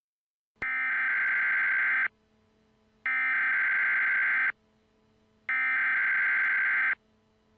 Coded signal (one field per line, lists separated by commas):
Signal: Emergency Alert System (SAME) tones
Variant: header bursts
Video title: ZOMBIE INVASION EAS SCENARIO #1